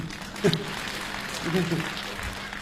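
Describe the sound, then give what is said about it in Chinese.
An audience at a crosstalk (xiangsheng) comedy performance applauds with a steady, dense patter of clapping that holds at moderate volume throughout, with a couple of brief vocal calls or cheers rising above the clapping. “哎，有鼓掌的咱就说。”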